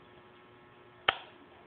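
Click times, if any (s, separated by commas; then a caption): 1.1 s. A kick starter lever on a Yamaha Blaster ATV engine's kick shaft is worked a second time, and at 1.1 s it gives a single sharp, firm click as it seats back into its detent position. A steady low hum fills the background before and after the click.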